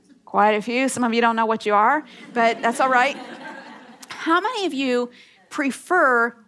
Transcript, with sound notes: Quite a few. Some of you don’t know what you are. (laughter) But that’s all right. How many of you prefer